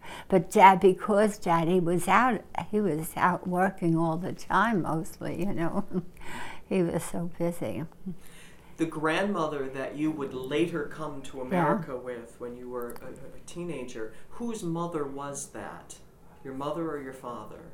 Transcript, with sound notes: But Daddy, because Daddy was out. He was out working all the time mostly, you know, (she laughs) he was so busy.
The grandmother that you would later come to America with when you were a teenager, whose mother was that, your mother or your father?